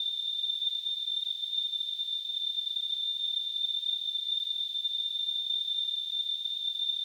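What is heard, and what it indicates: Simulated tinnitus: a steady, continuous high-pitched tone near 3.5 kHz with a faint hiss around it, unchanged from start to end.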